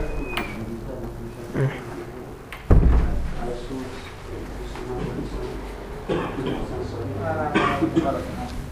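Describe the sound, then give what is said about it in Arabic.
A single sharp, heavy knock on a door cuts through a low murmur of voices, with a couple of softer bumps before and after it. “كأن الباب دق. لا لا هذا الباب.”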